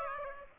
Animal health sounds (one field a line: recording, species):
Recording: mosquito wingbeat signal from an infrared sensor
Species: Aedes aegypti